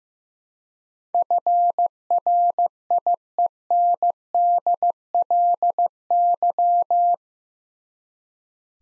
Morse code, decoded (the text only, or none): FRIENDLY